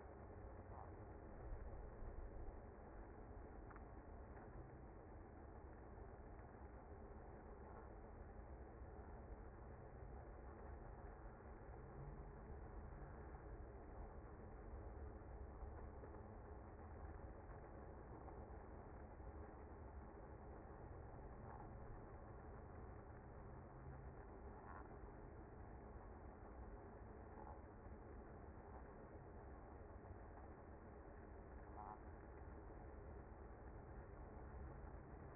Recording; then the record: honeybee colony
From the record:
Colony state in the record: active